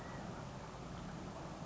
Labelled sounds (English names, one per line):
California Quail